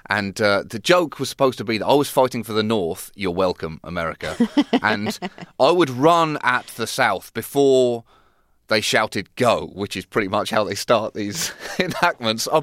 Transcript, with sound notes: And the joke was supposed to be that I was fighting for the North - you're welcome, America. (LAUGHTER) And I would run at the South before they shouted go, which is pretty much how they start these enactments.